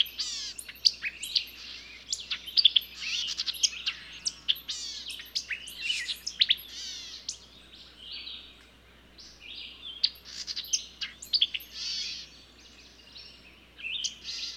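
Songbirds chirping and trilling in a dense chorus, rapid downslurred notes and high twitters, with a brief lull midway before singing resumes.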